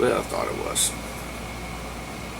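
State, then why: Not seated. An internal part is handled as it goes into a Smith & Wesson M&P pistol frame during a Cerakote refinish while someone talks, with a brief bright handling sound near 0.8 s over a steady background hum. Nothing has seated or clicked yet; the part is not yet home.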